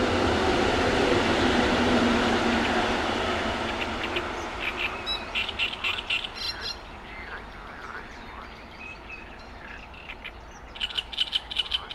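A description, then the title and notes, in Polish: A train rumbles loudly past a pond, fading after four seconds, then quick chirpy bird calls sound over low steady background noise. Sołtysowice - Wrocław, the Pond Near The Korona Shopping Center. Nagrane nad stawem na Sołtysowicach, blisko linii kolejowej. Rekorder, mikrofon: sony pcm d50, mic rode nt4, FEL BMA preamplifier Autor nagrania: Bartosz Grzyb. Kaczki, kumaki, trzciniak, kukułka.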